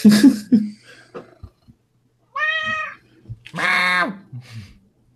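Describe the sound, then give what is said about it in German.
A cat meows twice, a short clear mew followed by a louder, drawn-out meow that rises and falls, after a few soft bumps and rustles. “Katzenallergie übers Internet.”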